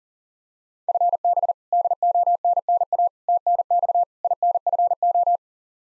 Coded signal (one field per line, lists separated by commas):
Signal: Morse code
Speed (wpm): 40 wpm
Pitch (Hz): 700 Hz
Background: none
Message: FB DONNA TNX INFO